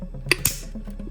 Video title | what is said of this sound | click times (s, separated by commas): Review: Cang Toys CT-Chiyou-01 Ferocious (Rampage) - ToyTesterTeo Masterpiece Toy Collection | these little pads has to go back where they were in robot mode and they should click in here | 0.3 s, 0.5 s